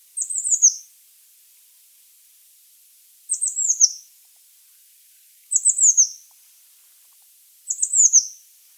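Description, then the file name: Eurasian blue tit calls, very high descending clusters of thin notes, four bursts spaced two to three seconds apart. "Cyanistes caeruleus"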